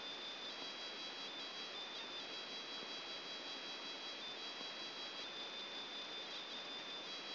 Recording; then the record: brain microelectrode recording played as sound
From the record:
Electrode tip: outside the subthalamic nucleus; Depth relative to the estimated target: -4 mm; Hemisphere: left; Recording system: AlphaMap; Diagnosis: Parkinson's disease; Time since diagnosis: 11 years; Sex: male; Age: 50 years